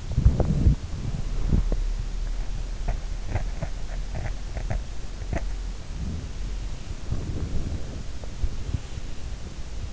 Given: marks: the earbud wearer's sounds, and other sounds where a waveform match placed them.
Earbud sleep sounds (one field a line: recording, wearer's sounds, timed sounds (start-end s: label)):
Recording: sounds in sleep by an in-ear microphone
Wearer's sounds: body movement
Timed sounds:
0.00-1.97 s: body movement
7.02-8.32 s: body movement